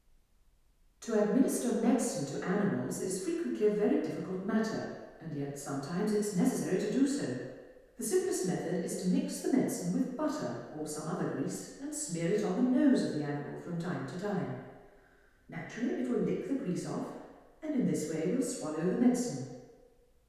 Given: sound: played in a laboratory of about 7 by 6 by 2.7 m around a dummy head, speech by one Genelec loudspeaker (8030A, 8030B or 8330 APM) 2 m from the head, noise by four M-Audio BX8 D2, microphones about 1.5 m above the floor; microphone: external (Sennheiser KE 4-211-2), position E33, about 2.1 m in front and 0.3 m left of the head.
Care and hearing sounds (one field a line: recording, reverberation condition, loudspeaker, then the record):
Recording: female speech in English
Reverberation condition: high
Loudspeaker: 150 degrees to the left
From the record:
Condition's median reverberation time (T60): about 1300 ms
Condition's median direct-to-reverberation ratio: about -4.0 dB